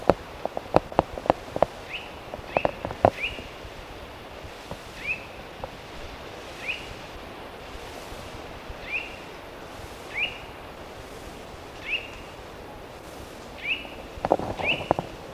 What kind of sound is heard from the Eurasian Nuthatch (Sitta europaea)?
call